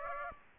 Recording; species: mosquito wingbeat signal from an infrared sensor; Aedes aegypti